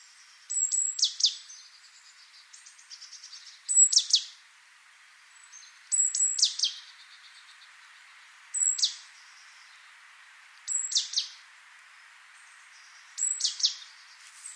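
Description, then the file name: Great tit call phrases repeated every two to three seconds: a thin high whistle leading into scratchy falling notes, several phrases over a low hiss. "Parus major"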